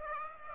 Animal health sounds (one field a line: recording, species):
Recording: mosquito wingbeat signal from an infrared sensor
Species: Aedes aegypti